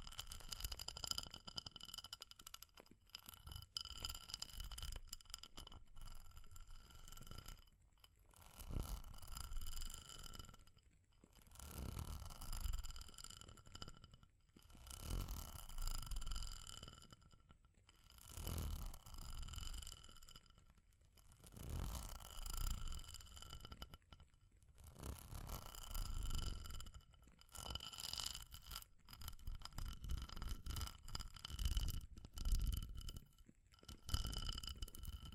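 Fire crackling mixed with tapping and scratching, arriving in dense bursts every three to four seconds with brief quieter gaps between. Each burst carries a deep rumbling undertone and a bright, ringing, glassy edge that clinks steadily throughout.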